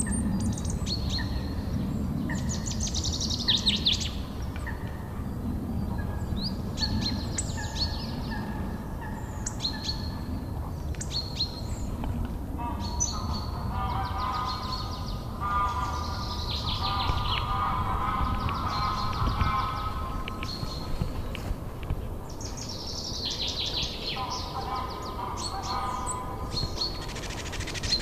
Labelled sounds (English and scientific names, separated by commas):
Common Chaffinch (Fringilla coelebs)